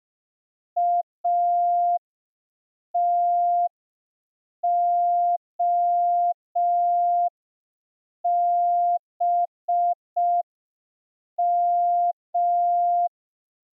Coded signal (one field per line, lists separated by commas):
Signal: Morse code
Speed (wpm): 5 wpm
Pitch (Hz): 700 Hz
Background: none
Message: ATOBM